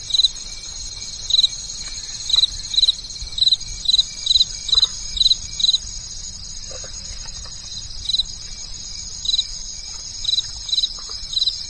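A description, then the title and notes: Insects at night fill the air with a steady, high shimmering hum, with a louder chirp breaking through in short bursts roughly every half second to second. A low rumble sits underneath, and a few faint, soft calls appear now and then. From night to morning, the sound of nature and insects at night.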